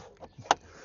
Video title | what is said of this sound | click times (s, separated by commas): Cabin/Pollen Air Filter Replacement I SEAT Leon 5F (Mk3) 2012-2020 | Nice solid click to get it back in. | 0.5 s